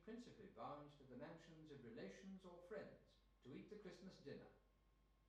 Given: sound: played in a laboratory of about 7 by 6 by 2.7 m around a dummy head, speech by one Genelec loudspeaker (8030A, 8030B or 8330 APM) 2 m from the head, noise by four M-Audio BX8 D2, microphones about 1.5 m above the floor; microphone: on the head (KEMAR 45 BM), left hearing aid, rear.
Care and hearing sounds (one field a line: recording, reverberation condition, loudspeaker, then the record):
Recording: male speech in English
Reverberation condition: medium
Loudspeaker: 90 degrees to the right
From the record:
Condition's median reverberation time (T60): about 510 ms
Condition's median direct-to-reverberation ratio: about -0.5 dB